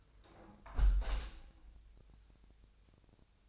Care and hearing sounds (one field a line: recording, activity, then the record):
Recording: daily activity, microphone in the room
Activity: close window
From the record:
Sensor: 2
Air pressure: 1014.8 hPa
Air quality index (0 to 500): 31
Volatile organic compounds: 1 ppm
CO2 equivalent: 536 ppm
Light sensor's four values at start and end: 8/19/8/8 and 8/19/8/8